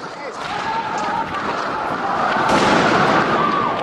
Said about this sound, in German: Die Demonstrationen wurden immer heftiger. Cochabamba verwandelte sich in einen Kriegsschauplatz. Polizei und Militärs waren im Einsatz. Schüsse fielen.